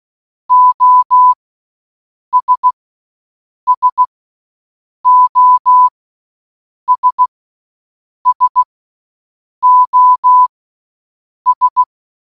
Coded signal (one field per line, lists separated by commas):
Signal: Morse code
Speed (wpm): 16 wpm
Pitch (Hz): 1000 Hz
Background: none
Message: OS SOS SOS